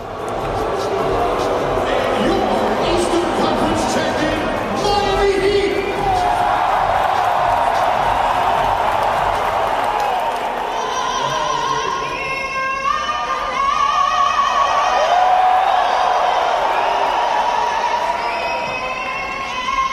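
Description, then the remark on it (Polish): An arena crowd of about 20,000 at a Miami Heat NBA Finals game roars and cheers steadily before the game, around the playing of the US national anthem, a dense wash of voices with shouts and whistles rising above it, loud and sustained without pause. “hymn Stanów Zjednoczonych odgrywany jest przed każdymi zawodami. Posłuchajmy zresztą atmosfery.”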